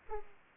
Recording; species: mosquito wingbeat signal from an infrared sensor; Aedes aegypti